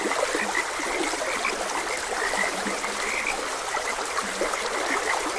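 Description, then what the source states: Frogs croaking steadily in an overlapping chorus, brief notes repeated throughout, with constant running water behind. Frogs croaking beside a gentle stream.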